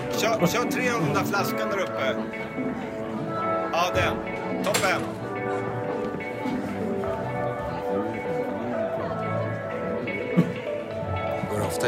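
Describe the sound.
Bar chatter: many voices overlap into a steady, dense murmur with no single speaker standing out for long. Short bright clinks cut through now and then, near the start, around four to five seconds, and again past ten seconds.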